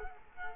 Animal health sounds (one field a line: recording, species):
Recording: mosquito wingbeat signal from an infrared sensor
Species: Culex quinquefasciatus